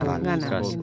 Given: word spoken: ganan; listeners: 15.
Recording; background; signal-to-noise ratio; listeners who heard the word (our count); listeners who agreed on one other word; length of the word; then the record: one Spanish word in noise, from a listening test; four-talker babble; 0.6 dB; 0 of 15; 12 of 15; 0.43 s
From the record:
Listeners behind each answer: 12, 1, 1, 1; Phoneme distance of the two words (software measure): 10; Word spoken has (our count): 2 syllables, 5 phonemes, stress on syllable 1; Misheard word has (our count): 2 syllables, 5 phonemes, stress on syllable 1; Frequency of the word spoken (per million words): 8.52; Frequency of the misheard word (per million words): 44.70